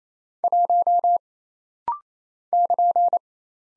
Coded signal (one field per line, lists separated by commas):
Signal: Morse code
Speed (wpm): 27 wpm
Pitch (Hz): 700 Hz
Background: none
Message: 1 <KN>